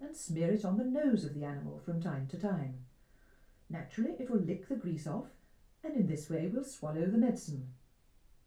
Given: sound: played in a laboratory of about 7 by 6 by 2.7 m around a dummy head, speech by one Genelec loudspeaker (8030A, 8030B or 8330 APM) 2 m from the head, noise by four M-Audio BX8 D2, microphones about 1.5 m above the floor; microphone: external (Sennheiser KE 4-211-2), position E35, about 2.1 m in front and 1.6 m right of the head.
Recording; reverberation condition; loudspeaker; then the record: female speech in English; low; in front (0 degrees)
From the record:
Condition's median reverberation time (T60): about 310 ms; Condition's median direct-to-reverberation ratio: about 3.5 dB